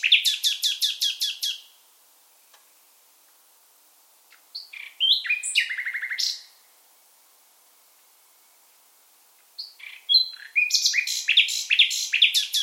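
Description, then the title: Common nightingale giving three separate phrases with pauses between: a fast rattling series, a jumble of chirps and trills, then another rich, varied burst. African migrant species; bird singing in full voice. "LS REVISITED - NIGHTINGALE IN FULL VOICE"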